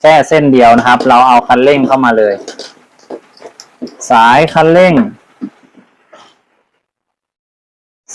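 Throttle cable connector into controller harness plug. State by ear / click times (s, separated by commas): not seated / none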